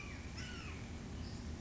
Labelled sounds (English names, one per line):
Red-shouldered Hawk